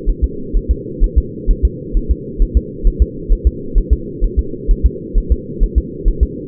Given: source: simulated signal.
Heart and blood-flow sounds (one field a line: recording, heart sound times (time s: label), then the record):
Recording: fetal heart sounds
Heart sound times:
0.09 s: S1
0.24 s: S2
0.56 s: S1
0.71 s: S2
1.04 s: S1
1.18 s: S2
1.50 s: S1
1.65 s: S2
1.97 s: S1
2.11 s: S2
2.42 s: S1
2.57 s: S2
2.87 s: S1
3.02 s: S2
3.32 s: S1
3.47 s: S2
3.78 s: S1
3.93 s: S2
4.24 s: S1
4.39 s: S2
4.71 s: S1
4.86 s: S2
5.18 s: S1
5.32 s: S2
5.63 s: S1
5.78 s: S2
6.08 s: S1
6.23 s: S2
From the record:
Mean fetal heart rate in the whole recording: 130 bpm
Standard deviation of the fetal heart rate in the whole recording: 4 bpm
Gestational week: 38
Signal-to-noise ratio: -4.3 dB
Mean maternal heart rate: 72 bpm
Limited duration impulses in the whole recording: present